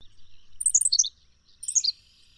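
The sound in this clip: Bird song in two short bursts of high, thin twittering chirps, the second briefer after a short pause.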